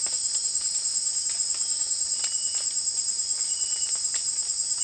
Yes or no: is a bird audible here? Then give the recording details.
no. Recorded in secondary vegetation near Puerto Asís, Putumayo, Colombia, on 30 June 2025 at 18:00. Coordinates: 0.485, -76.322. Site GP06